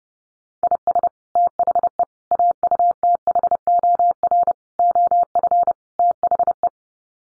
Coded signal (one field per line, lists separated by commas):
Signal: Morse code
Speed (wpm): 30 wpm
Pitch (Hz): 700 Hz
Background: none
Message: IS THE AUTHOR OF THE